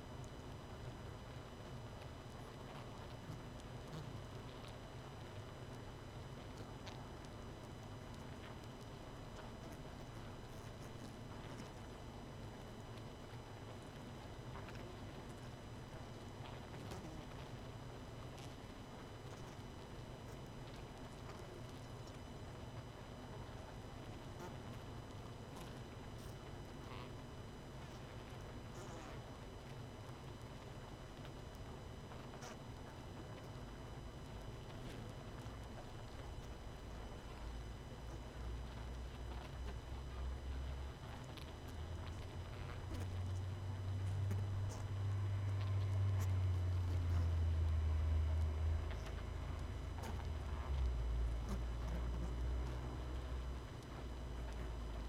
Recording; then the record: honeybee colony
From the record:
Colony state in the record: missing queen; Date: 31 May 2018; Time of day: 22:45